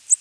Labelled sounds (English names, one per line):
Ovenbird flight call